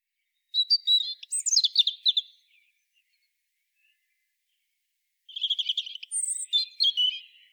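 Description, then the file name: European robin song: two separate phrases of high, thin, warbling notes with quick trills and slurred whistles, divided by a few seconds of silence. "Erithacus rubecula"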